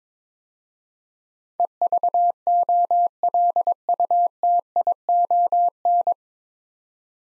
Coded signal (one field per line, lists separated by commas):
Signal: Morse code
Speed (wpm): 22 wpm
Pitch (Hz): 700 Hz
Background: none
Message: EVOLUTION